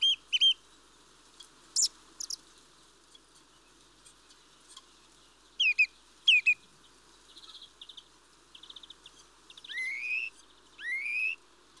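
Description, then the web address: Mistle thrush singing brief whistled phrases with pauses between, followed by rising slurred notes. "BBC Sound Effects Library - Complete 60 CDs Collection Sound Effects Library-47 (Birds) Mistle Thrush (Turdus Viscivorus)"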